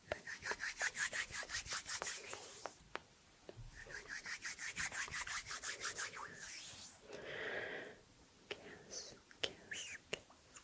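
Hand movements make quick, regular swishing strokes, about four or five a second, for the first three seconds, then resume more softly after a short pause. A brief rising whoosh and a humming breath follow, and the last seconds bring scattered wet mouth clicks.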